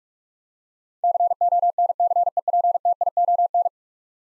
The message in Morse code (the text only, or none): CONCEPTION